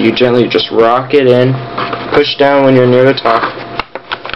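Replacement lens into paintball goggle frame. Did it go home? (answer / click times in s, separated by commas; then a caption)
no / none. Someone talks while a plastic replacement lens is gently rocked into the frame of a 2009 Proto Axis Pro paintball goggle, its centre piece set in the centre hole, and pushed down near the top. A few brief, sharp handling taps are heard between 3.8 and 4.3 seconds. The lens has not seated or locked in yet.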